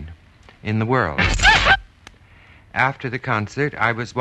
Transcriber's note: soundbite of record scratch